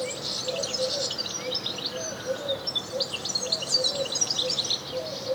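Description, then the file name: European goldfinch twittering, continuous high tinkling chirps with soft lower warbled notes in the background. "Carduelis carduelis"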